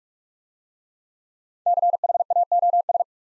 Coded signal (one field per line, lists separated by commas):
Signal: Morse code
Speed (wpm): 44 wpm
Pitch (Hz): 700 Hz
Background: none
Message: CHAOS